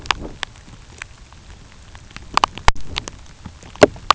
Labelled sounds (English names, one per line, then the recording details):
none
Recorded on Arctic tundra, site UTQI-2, on 13 June 2019
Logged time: 12:00